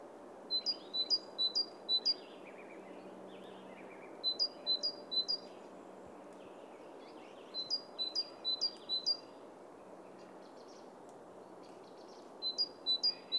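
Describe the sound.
Great tit repeating short quick series of sharp, high notes every few seconds, over a low steady hum.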